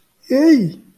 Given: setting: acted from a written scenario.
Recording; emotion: vocal sound without words; adoration